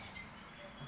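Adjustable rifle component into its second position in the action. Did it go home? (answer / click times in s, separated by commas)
no / none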